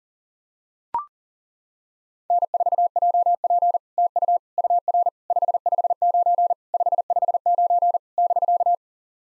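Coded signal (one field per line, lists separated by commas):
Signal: Morse code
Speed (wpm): 40 wpm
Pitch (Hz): 700 Hz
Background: none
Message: N4JP TU UR 559 559 <BK>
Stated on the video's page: SOTA QSO practice exchanges at 40 wpm, each sent in Morse, then spoken, then sent again.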